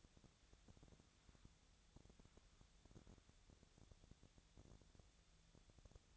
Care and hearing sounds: daily activity, microphone in the room; wipe stove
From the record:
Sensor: 3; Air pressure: 1000.5 hPa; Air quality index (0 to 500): 176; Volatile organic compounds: 3 ppm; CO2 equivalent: 1522 ppm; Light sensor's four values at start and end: 13/31/13/14 and 13/31/13/14

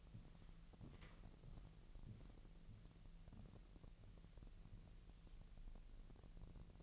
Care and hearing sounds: daily activity, microphone in the room; walk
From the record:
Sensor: 4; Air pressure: 1003.0 hPa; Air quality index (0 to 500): 247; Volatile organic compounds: 26 ppm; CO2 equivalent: 2869 ppm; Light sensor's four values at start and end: 8/17/7/7 and 7/17/7/7

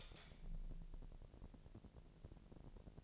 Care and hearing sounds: daily activity, microphone in the room; light on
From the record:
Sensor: 5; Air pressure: 1002.0 hPa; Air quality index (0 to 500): 242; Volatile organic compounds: 41 ppm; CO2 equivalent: 3162 ppm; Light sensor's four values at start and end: 16/38/16/17 and 16/39/16/17

